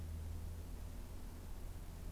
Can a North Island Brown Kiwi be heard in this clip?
no